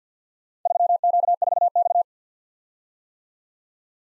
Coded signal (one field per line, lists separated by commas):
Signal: Morse code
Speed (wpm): 53 wpm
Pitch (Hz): 700 Hz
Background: none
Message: 3Q4X